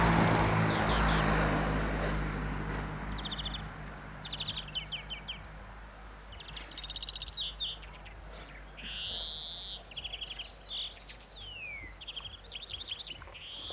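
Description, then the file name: European greenfinch calls: after a fading low vehicle rumble, bursts of quick twittering chirps and short trills come in uneven clusters, with occasional drawn-out nasal notes. "Chloris chloris"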